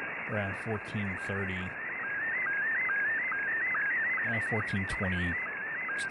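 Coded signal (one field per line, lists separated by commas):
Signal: SSTV (slow-scan television)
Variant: Scottie 1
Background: speech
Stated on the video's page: Heard around the 20 meter band.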